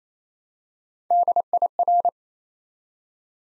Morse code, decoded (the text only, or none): DIR